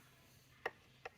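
On a removed 1980s Mercedes-Benz glove box lock assembly (W126, W124, R129 type), the part standing in for the glove box button is pushed. The latched lock arm releases and springs back up with a sharp click at 0.7 s, followed by a fainter second click at 1.1 s, against a quiet background.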